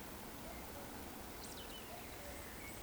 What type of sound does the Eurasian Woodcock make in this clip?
whistle